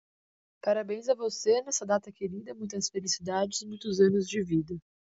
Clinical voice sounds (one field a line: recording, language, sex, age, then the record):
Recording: short text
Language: Brazilian Portuguese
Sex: female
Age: 20 to 29 years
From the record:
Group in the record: control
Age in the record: 20 years